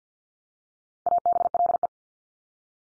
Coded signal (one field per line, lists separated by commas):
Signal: Morse code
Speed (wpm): 50 wpm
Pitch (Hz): 700 Hz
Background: none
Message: ABLE